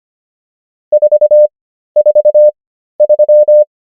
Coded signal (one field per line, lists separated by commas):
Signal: Morse code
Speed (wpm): 25 wpm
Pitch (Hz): 600 Hz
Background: none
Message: 443